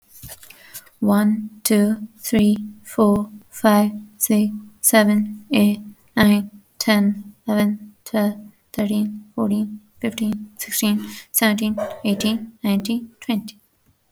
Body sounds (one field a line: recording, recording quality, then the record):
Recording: counting at a normal pace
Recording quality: excellent, no background noise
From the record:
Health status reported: healthy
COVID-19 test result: not tested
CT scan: not taken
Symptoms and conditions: breathing difficulty, sore throat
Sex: female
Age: 21 years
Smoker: no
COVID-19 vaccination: both doses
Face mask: not worn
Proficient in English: yes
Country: India